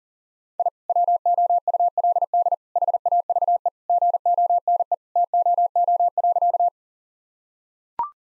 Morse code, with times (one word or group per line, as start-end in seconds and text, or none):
0.6-0.7 I
0.9-2.5 WOULD
2.8-3.7 HAVE
3.9-4.9 GONE
5.2-6.7 TOO.